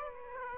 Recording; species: mosquito wingbeat signal from an infrared sensor; Aedes aegypti